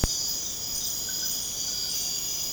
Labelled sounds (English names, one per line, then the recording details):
none
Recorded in pastures near Puerto Asís, Putumayo, Colombia, on 22 June 2025 at 22:30
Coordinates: 0.496, -76.326
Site GP01